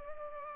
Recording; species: mosquito wingbeat signal from an infrared sensor; Culex pipiens